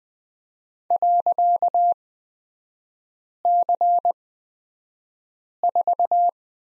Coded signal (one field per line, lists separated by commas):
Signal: Morse code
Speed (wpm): 20 wpm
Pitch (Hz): 700 Hz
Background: none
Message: .C4